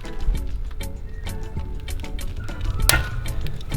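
A click-type torque wrench tightens a steel lug nut on a car wheel to 80 ft-lb over background music. The wrench gives a sharp, bright click at 2.9 s, showing it has reached its torque setting.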